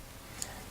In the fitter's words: a couple a little like indexing sections here what s then will kind of pop into place and looks